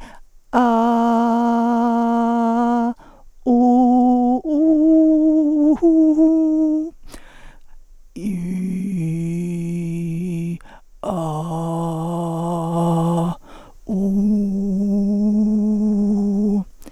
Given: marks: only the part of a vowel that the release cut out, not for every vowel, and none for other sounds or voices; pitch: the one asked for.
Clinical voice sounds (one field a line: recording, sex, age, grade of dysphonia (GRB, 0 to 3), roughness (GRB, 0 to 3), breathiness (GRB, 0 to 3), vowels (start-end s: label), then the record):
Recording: sustained vowels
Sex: female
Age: 40 to 49 years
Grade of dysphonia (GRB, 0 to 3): 3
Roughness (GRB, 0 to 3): 2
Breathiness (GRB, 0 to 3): 3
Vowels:
0.67-2.70 s: vowel /a/, high pitch
4.75-6.67 s: vowel /u/, high pitch
8.37-10.35 s: vowel /i/, low pitch
11.24-13.14 s: vowel /a/, low pitch
14.27-16.19 s: vowel /u/, low pitch
From the record:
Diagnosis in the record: psychogenic dysphonia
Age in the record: 49 years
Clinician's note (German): Mit hyperfunktioneller Komponente